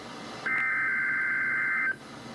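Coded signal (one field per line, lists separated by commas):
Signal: Emergency Alert System (SAME) tones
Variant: header bursts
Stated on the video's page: NOAA Weather Radio Required Weekly Test from the Grass Valley station on 162.40 MHz, received through a radio streaming app on a tablet.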